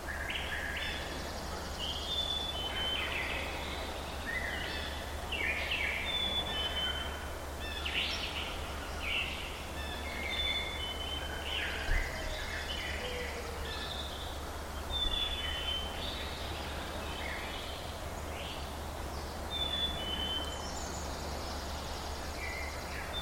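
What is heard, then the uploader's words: A backyard dawn chorus: many birds sing at once in short, overlapping phrases and chirps, some bright, others softer. Underneath runs a steady low rumble, likely traffic or machinery, constant throughout the 23 seconds. Backyard dawn chorus. Birdsong early in the morning recorded in a semi-rural backyard in Tiny, Ontario.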